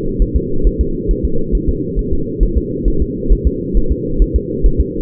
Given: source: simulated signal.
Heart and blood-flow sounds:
fetal heart sounds
0.22 s: S1
0.36 s: S2
0.67 s: S1
0.81 s: S2
1.11 s: S1
1.25 s: S2
1.55 s: S1
1.69 s: S2
1.99 s: S1
2.13 s: S2
2.43 s: S1
2.57 s: S2
2.88 s: S1
3.02 s: S2
3.33 s: S1
3.47 s: S2
3.77 s: S1
3.92 s: S2
4.22 s: S1
4.36 s: S2
4.66 s: S1
4.81 s: S2
From the record:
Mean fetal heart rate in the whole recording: 135 bpm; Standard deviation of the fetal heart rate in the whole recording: 3 bpm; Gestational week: 36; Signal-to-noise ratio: -8.1 dB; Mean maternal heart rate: 72 bpm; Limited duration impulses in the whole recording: absent

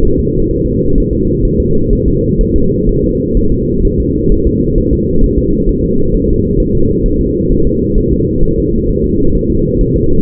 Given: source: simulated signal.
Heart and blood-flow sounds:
fetal heart sounds
0.05 s: S1
0.20 s: S2
0.51 s: S1
0.66 s: S2
0.98 s: S1
1.13 s: S2
1.45 s: S1
1.60 s: S2
1.93 s: S1
2.08 s: S2
2.41 s: S1
2.56 s: S2
2.89 s: S1
3.04 s: S2
3.37 s: S1
3.52 s: S2
3.85 s: S1
4.00 s: S2
4.32 s: S1
4.47 s: S2
4.78 s: S1
4.93 s: S2
5.24 s: S1
5.39 s: S2
5.69 s: S1
5.84 s: S2
6.14 s: S1
6.29 s: S2
6.60 s: S1
6.75 s: S2
7.06 s: S1
7.21 s: S2
7.52 s: S1
7.67 s: S2
7.98 s: S1
8.13 s: S2
8.44 s: S1
8.58 s: S2
8.89 s: S1
9.04 s: S2
9.35 s: S1
9.50 s: S2
9.81 s: S1
9.96 s: S2
From the record:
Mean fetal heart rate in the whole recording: 130 bpm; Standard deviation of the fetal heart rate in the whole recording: 4 bpm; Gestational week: 38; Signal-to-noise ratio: -16.4 dB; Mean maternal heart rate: 72 bpm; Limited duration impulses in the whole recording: present

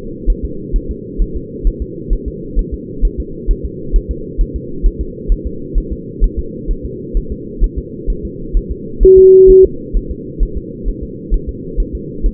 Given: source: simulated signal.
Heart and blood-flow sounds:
fetal heart sounds
0.30 s: S1
0.45 s: S2
0.76 s: S1
0.91 s: S2
1.22 s: S1
1.36 s: S2
1.67 s: S1
1.82 s: S2
2.13 s: S1
2.28 s: S2
2.59 s: S1
2.74 s: S2
3.05 s: S1
3.20 s: S2
3.51 s: S1
3.65 s: S2
3.96 s: S1
4.11 s: S2
4.41 s: S1
4.56 s: S2
4.86 s: S1
5.01 s: S2
5.32 s: S1
5.47 s: S2
5.78 s: S1
5.92 s: S2
6.24 s: S1
6.39 s: S2
6.71 s: S1
6.86 s: S2
7.17 s: S1
7.32 s: S2
7.64 s: S1
7.79 s: S2
8.10 s: S1
8.25 s: S2
8.57 s: S1
8.71 s: S2
9.03 s: S1
9.18 s: S2
9.50 s: S1
9.65 s: S2
9.96 s: S1
10.11 s: S2
10.43 s: S1
10.57 s: S2
10.88 s: S1
11.03 s: S2
11.34 s: S1
11.49 s: S2
11.80 s: S1
11.95 s: S2
12.26 s: S1
From the record:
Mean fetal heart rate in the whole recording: 130 bpm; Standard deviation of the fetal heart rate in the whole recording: 4 bpm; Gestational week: 38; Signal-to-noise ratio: -4.3 dB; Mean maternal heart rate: 72 bpm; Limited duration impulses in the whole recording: present

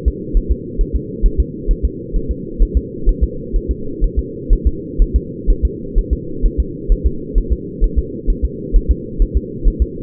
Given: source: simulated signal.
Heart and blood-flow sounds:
fetal heart sounds
0.08 s: S2
0.37 s: S1
0.52 s: S2
0.81 s: S1
0.95 s: S2
1.26 s: S1
1.40 s: S2
1.71 s: S1
1.85 s: S2
2.16 s: S1
2.31 s: S2
2.62 s: S1
2.77 s: S2
3.09 s: S1
3.23 s: S2
3.56 s: S1
3.71 s: S2
4.04 s: S1
4.19 s: S2
4.53 s: S1
4.67 s: S2
5.02 s: S1
5.16 s: S2
5.50 s: S1
5.65 s: S2
5.98 s: S1
6.13 s: S2
6.46 s: S1
6.60 s: S2
6.92 s: S1
7.06 s: S2
7.38 s: S1
7.52 s: S2
7.84 s: S1
7.98 s: S2
8.30 s: S1
8.45 s: S2
8.76 s: S1
8.91 s: S2
9.22 s: S1
9.37 s: S2
9.67 s: S1
9.82 s: S2
From the record:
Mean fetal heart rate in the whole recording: 130 bpm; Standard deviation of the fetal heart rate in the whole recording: 4 bpm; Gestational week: 38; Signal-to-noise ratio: -4.3 dB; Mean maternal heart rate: 72 bpm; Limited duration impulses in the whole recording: absent

